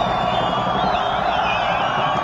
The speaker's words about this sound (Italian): Quelle che state ascoltando sono le urla di protesta riprese con un videofonino in una affollatissima piazza della capitale. Migliaia di persone in strada e sotto il sole per rivendicare il proprio voto.